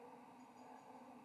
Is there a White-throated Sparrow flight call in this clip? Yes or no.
no